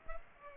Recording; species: mosquito wingbeat signal from an infrared sensor; Aedes aegypti